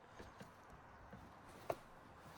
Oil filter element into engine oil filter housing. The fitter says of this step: You just heard it click into the actual hole, so it's located.